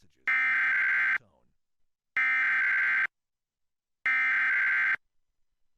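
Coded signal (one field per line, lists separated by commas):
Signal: Emergency Alert System (SAME) tones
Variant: header bursts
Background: speech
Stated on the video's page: Monthly EAS tests relayed in Kern and Los Angeles areas.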